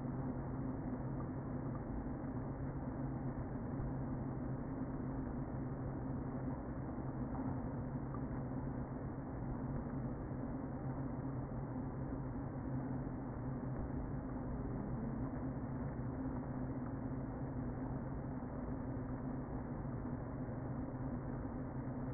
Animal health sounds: honeybee colony, microphone inside the hive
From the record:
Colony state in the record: queen present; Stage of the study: before two queens were removed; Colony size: about 60,000 bees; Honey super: yes

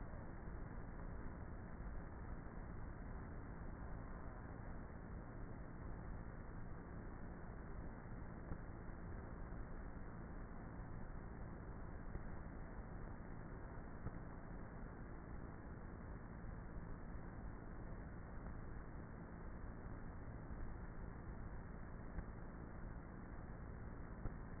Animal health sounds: honeybee colony, microphone inside the hive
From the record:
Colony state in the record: queenless with a low population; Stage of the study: before two queens were removed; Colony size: about 30,000 bees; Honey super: no

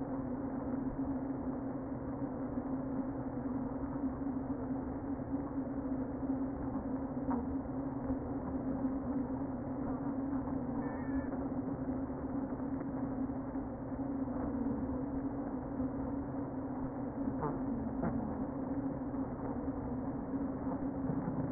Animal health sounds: honeybee colony, microphone inside the hive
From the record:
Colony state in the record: queen present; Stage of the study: before two queens were removed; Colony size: about 60,000 bees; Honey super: yes

